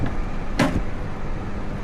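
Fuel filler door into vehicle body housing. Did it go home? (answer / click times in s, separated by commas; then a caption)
yes / 0.6 s. A custom fuel filler door is pressed into its housing on a Jeep body and snaps into place with a sharp, brief click at 0.6 s, standing out over a steady low hum. The door is seated.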